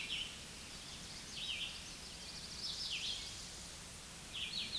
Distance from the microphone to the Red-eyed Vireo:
about 15 m